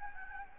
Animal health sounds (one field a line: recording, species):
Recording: mosquito wingbeat signal from an infrared sensor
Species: Anopheles gambiae